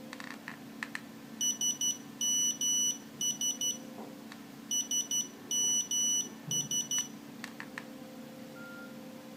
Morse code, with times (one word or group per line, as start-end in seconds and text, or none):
1.4-3.7 SMS
4.7-7.0 SMS